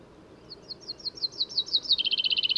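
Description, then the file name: Common chaffinch song: a series of high notes speeding up and gaining volume, then a fast, even trill of paired notes, over faint background hiss. "Fringilla coelebs"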